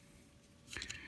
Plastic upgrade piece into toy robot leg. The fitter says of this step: you feel it kind of Click into place